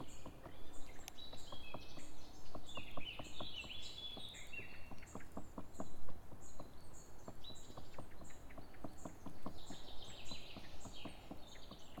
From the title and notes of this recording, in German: Ein Ohr am Baum des Spechts. Hab' ich das Mikrophon an den Stamm gehalten und das aufgenommen, bevor er mich bemerkt. Plötzlich klopft es im Baum neben mir. Also hab' ich das Mikrophon an den Stamm gehalten.